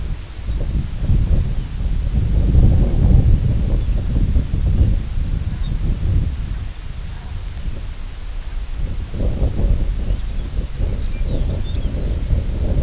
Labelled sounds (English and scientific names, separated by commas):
Lapland Longspur (Calcarius lapponicus), unidentified sound